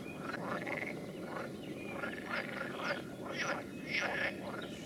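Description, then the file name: Frogs giving short raspy calls in quick succession, overlapping one another, over a hissing background. "Nature Recordings - Frogs"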